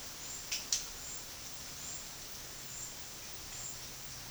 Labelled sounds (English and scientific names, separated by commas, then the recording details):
none
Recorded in secondary vegetation near Puerto Asís, Putumayo, Colombia, on 20 February 2024 at 13:30
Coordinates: 0.472, -76.331
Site G6371